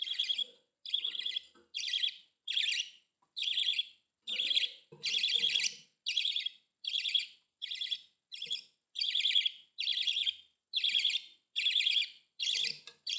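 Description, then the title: Budgerigar chirping in a steady stream of short buzzy notes, just over one per second, with faint softer sounds underneath. "Budgie Sounds"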